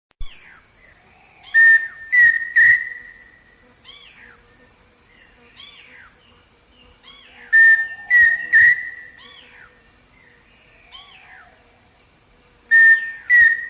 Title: LuckyPassaro Completos2Sama. Pheasant Cuckoo (Dromococcyx phasianellus)